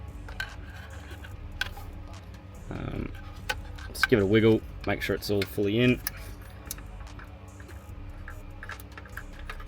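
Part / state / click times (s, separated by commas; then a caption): wiring harness connector into head unit adaptor plug / not seated / none. A plastic wiring harness connector, plugged into the head unit adaptor plug behind the head unit of a 2005–2007 Toyota LandCruiser 100 Series, is wiggled by hand to make sure it is fully in, giving light rattly, jangling plastic taps and a few sharp ticks. Someone talks in the middle of the clip. Nothing has clicked or seated yet.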